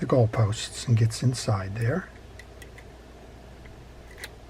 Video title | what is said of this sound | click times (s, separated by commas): How to Service a Penn 895 Digital Line Counter Fishing Reel - DIY Reel Repair & Maintenance | When you hear that snap, spin it. | 4.2 s